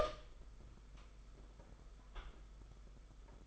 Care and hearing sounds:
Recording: daily activity, microphone in the room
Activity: open door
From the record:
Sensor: 5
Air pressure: 991.8 hPa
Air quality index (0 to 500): 130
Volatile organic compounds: 71 ppm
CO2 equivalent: 3524 ppm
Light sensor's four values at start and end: 34/112/42/44 and 34/112/42/44

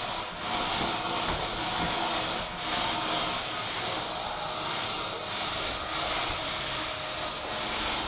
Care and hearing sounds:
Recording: daily activity, microphone in the room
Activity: vacuum cleaning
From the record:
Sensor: 5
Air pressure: 1010.3 hPa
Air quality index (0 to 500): 120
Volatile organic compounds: 2 ppm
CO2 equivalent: 1180 ppm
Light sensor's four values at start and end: 467/1185/492/547 and 589/1454/609/696

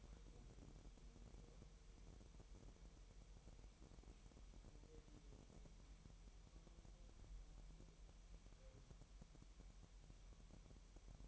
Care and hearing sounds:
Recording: daily activity, microphone in the room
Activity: wipe stove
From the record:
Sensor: 1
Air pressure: 1000.8 hPa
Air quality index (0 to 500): 248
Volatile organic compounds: 145 ppm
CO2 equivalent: 4002 ppm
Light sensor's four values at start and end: 12/28/11/12 and 11/28/11/12

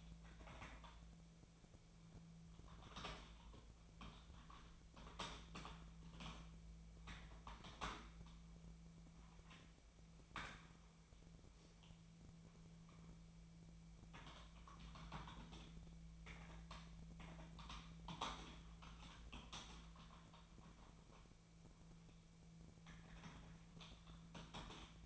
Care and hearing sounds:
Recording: daily activity, microphone in the room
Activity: typing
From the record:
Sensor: 1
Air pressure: 1000.2 hPa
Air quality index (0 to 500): 141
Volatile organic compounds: 3 ppm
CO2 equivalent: 1329 ppm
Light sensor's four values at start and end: 30/76/32/38 and 30/74/31/38

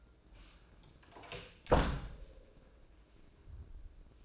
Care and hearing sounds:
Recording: daily activity, microphone in the room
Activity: close door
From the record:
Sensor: 2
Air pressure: 1012.2 hPa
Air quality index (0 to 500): 160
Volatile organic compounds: 2 ppm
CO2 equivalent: 1176 ppm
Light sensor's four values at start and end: 449/1122/457/483 and 449/1123/458/484

